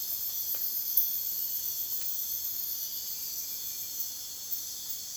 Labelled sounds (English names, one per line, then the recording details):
none
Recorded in dense forest near Puerto Asís, Putumayo, Colombia, on 29 June 2025 at 04:00
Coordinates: 0.484, -76.325
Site H65